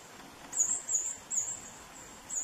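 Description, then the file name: Hummingbird song: four quick, very high, thin squeaky notes in a short, uneven series over faint hiss. "Canto do beija flor roxo"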